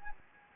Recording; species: mosquito wingbeat signal from an infrared sensor; Anopheles gambiae